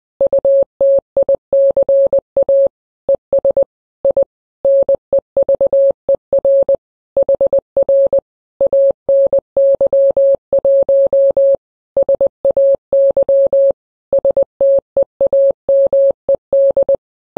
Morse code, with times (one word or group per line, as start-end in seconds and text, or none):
0.2-2.7 UTICA
3.1-3.6 ES
4.0-4.2 I
4.7-6.8 NEVER
7.2-8.2 HR
8.6-11.6 ANY1
12.0-13.7 SAY
14.1-16.9 STEAMED